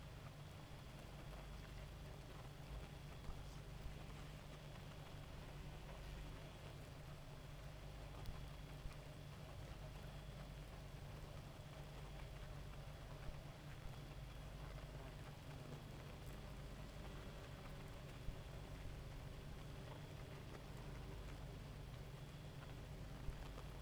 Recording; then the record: honeybee colony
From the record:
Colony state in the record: active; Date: 28 July 2017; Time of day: 2:12